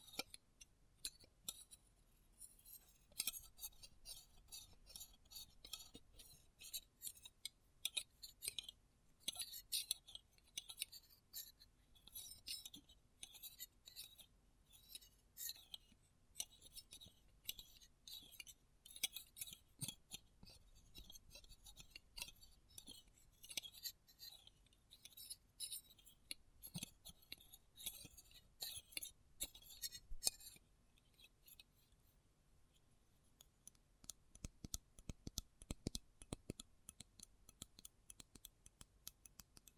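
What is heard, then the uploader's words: Close up metallic sounds: rapid, dense clicks and small scrapes, bright and crisp, packed tightly for the first thirty seconds. Around the half-minute mark they stop briefly, then return as sparser, sharper taps with a faint low rumble underneath. ASMR Close Up Metallic Sounds (No Talking).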